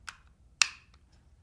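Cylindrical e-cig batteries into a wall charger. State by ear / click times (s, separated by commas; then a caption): seated / 0.1 s, 0.6 s. Two cylindrical e-cig batteries are pressed with a gentle tug into the bays of a wall charger. Two sharp, wood-block-like clicks land at 0.1 s and 0.6 s, the second much louder, with faint ticks after each. Both batteries are seated in the charger.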